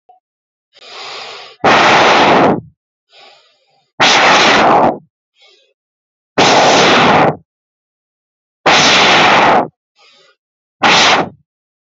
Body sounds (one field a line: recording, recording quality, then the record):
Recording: shallow breathing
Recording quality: excellent, no background noise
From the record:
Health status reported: healthy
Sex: male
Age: 32 years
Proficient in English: yes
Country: India